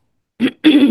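Two short, rough voiced bursts less than a second apart, the second longer and steadier: a woman clearing her throat or giving a light cough, her throat sore from too much air conditioning, with no wheeze or other breathing sound heard.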